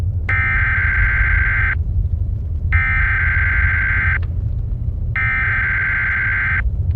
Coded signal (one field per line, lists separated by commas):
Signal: Emergency Alert System (SAME) tones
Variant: header bursts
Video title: EAS Scenario - Natures Revenge (Part 1)